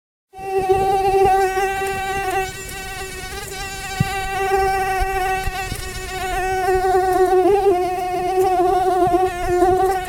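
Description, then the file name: Mosquito whining in a steady high buzz with a clear harmonic tone, wavering slightly in pitch throughout, with faint soft clicks in the background. "komar"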